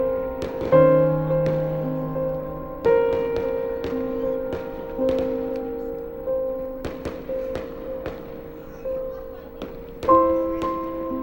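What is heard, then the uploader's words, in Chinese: In a train station, steady humming tones fill a large, echoing space while sharp pops land every couple of seconds, near 1, 3, 5, 7 and 10 seconds: distant fireworks. Faint murmuring voices sit low underneath. 录音- 桐乡车站，远处烟花。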